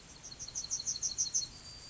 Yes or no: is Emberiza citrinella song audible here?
yes